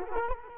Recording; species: mosquito wingbeat signal from an infrared sensor; Culex quinquefasciatus